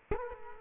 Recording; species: mosquito wingbeat signal from an infrared sensor; Culex quinquefasciatus